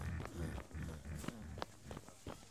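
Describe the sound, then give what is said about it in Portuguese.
Hurried footsteps of someone running ahead of another person, a quick, uneven series of thuds and sharp scuffs over a steady low rumble, with no talking. “Precisava vir correndo na minha frente também?”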